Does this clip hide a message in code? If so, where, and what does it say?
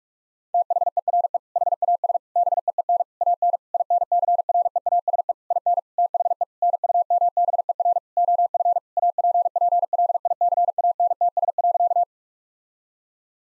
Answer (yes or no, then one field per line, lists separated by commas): yes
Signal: Morse code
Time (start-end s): 0.5-12.0 s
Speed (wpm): 42 wpm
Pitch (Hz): 700 Hz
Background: none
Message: THERE HAS BEEN AN INCREASE IN THE NUMBER OF APPLICANTS.